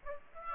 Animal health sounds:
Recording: mosquito wingbeat signal from an infrared sensor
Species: Aedes aegypti

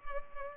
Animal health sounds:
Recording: mosquito wingbeat signal from an infrared sensor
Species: Culex pipiens

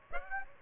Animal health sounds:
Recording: mosquito wingbeat signal from an infrared sensor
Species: Aedes aegypti

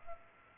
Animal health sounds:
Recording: mosquito wingbeat signal from an infrared sensor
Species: Culex pipiens

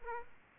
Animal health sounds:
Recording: mosquito wingbeat signal from an infrared sensor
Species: Aedes aegypti

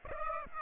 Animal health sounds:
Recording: mosquito wingbeat signal from an infrared sensor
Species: Aedes aegypti

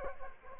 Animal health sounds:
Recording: mosquito wingbeat signal from an infrared sensor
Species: Culex quinquefasciatus

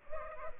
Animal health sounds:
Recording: mosquito wingbeat signal from an infrared sensor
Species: Culex pipiens

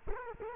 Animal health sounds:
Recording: mosquito wingbeat signal from an infrared sensor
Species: Culex quinquefasciatus

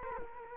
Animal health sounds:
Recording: mosquito wingbeat signal from an infrared sensor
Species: Culex quinquefasciatus

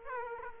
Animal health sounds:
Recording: mosquito wingbeat signal from an infrared sensor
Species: Aedes aegypti

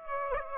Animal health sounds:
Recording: mosquito wingbeat signal from an infrared sensor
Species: Aedes aegypti

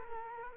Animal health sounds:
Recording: mosquito wingbeat signal from an infrared sensor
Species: Culex quinquefasciatus

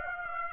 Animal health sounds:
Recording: mosquito wingbeat signal from an infrared sensor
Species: Aedes aegypti

